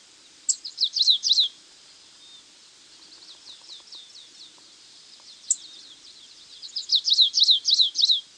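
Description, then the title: Stripe-tailed yellow finch: a loud burst of rapid high chips, then softer thin twittering, then another loud fast series of sharp sweeping notes. Subspecies Sicalis citrina citrina, assumed from location. "LuckyPassaro Completos2Sama. Stripe-tailed Yellow Finch (Sicalis citrina citrina (ssp assumed from location))"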